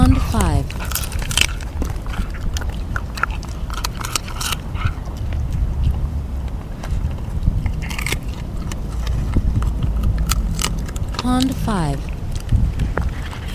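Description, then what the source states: Dog gnawing a bone, dense sharp cracks and crunches throughout, with two short tonal sounds near the start and near the end. Mongrel dog feeding, gnawing bones.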